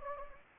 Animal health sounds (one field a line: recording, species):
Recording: mosquito wingbeat signal from an infrared sensor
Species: Anopheles gambiae